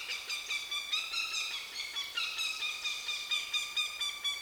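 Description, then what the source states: Northern goshawk alarm call, a steady series of harsh, nasal cackling notes throughout. Alarm call, North America.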